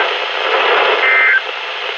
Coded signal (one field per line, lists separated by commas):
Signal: Emergency Alert System (SAME) tones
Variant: end-of-message bursts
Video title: EAS #128-#133: Slight Risk | KHB36 & WXM42